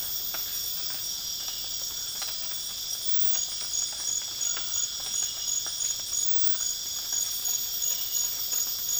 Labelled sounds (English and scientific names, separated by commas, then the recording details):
none
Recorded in dense forest near Puerto Asís, Putumayo, Colombia, on 12 March 2025 at 02:30
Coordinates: 0.484, -76.325
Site G045